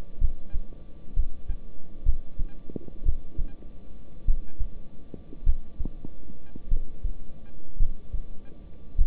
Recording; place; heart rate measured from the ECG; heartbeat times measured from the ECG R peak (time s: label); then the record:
heart sounds by stethoscope; between the tricuspid and mitral areas; 55 bpm
0.19 s: heartbeat
1.14 s: heartbeat
2.04 s: heartbeat
3.03 s: heartbeat
4.25 s: heartbeat
5.44 s: heartbeat
6.68 s: heartbeat
7.77 s: heartbeat
8.96 s: heartbeat
From the record:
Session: rest, lying down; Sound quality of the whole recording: good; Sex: male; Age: 26 years